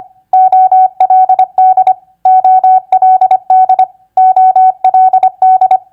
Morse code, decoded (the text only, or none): OLD OLD OLD